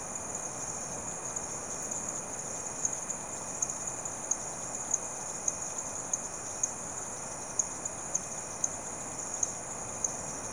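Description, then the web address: Insect chorus forming a constant high-pitched drone, with scattered sharp clicks over a low, soft background hiss. Insects calling in the late evening, rural South America. "The BBC Sound Effects Library. Frogs And Insects, Late Evening"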